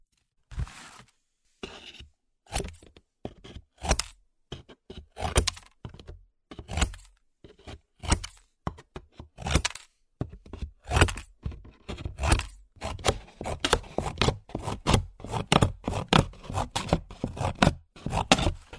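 Paper is being cut in a run of short, crisp snips with brief silences between them. The cuts start spaced out, then come faster and closer together after about ten seconds, each a sharp rasping slice with a little low thump.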